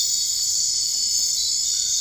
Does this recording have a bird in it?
no